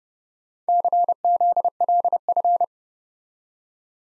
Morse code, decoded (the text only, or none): CZLF